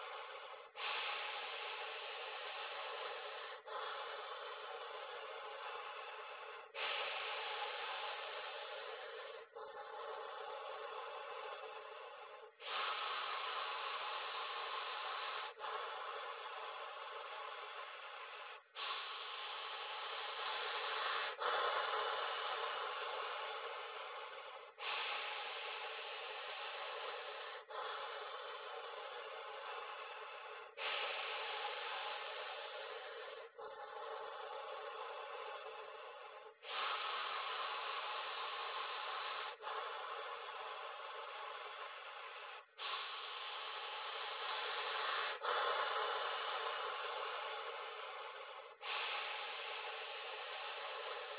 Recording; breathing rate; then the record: paced breathing near a phone; 10 breaths a minute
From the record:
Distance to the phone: 40 cm